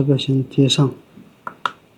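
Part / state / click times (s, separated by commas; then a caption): flex cable connector into the drone core board / seated / 1.7 s. While a DJI Mavic 3T drone is reassembled for a test, a flex cable connector is pressed into its core board. Someone talks briefly, then a faint tick at 1.5 s is followed by a sharp snap at 1.7 s as the connector seats.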